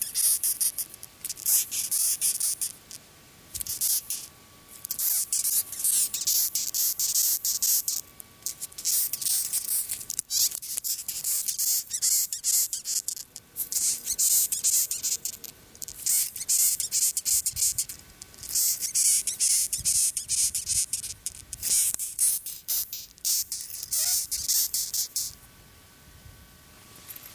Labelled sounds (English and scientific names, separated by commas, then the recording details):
Cerambyx Longicorn (Cerambyx cerdo) stridulation
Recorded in captivity
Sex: male
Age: imago
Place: Berlin, OT Niederschönhausen, Berlin, DE
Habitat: park
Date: 1983-06-04 22:57
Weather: sonnig, 21 °C
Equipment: Nagra SN, Kopie Uher 4000 Monitor Report
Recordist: Tembrock, Günter